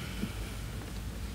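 Plastic interior trim clips are handled over their holes in an interior panel of a 2011 Cadillac SRX, during interior disassembly for sunshade removal. Only a steady low, rumbling, wind-like background is heard, with no sharp transients. Nothing has seated or clicked yet.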